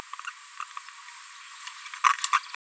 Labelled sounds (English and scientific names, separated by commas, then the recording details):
Green-rumped Parrotlet (Forpus passerinus) babbling
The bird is a female
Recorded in a nest box in Venezuela
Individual 17B73B2